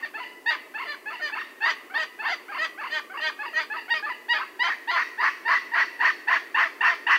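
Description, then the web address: Yellow-tailed woolly monkey giving a long series of harsh, honking barks, repeated about three to four per second and growing louder toward the end, over a steady background hiss. South American rainforest. "Nature Songs S America Primates of the Rainforest Yellow-tailed woolly monkey"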